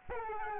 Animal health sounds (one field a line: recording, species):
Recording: mosquito wingbeat signal from an infrared sensor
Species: Aedes albopictus